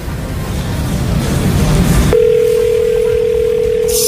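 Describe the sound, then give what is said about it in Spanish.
A muffled rush of noise gives way to a steady, unbroken mid-pitched telephone ringing tone of a prank call waiting to be answered, holding on clearly to the end. “Que conteste, si no, ¿cómo vamos a terminar la broma?”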